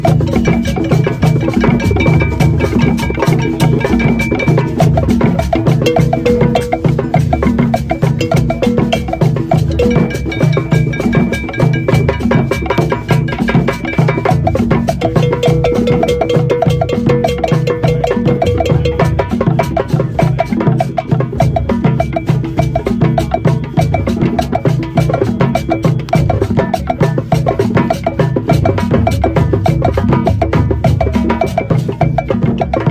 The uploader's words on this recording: Dawn, stone circle drums at Glastonbury, Worthy Farm, Shepton Mallet, UK. About 20 drummers and hundreds of festival goers gathered around the fire at the centre of the stone circle and played throughout the night. This recording was made at 4am.